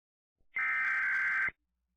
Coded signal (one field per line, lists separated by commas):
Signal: Emergency Alert System (SAME) tones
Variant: header bursts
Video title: EAS MOCK - When Winter Takes It's Course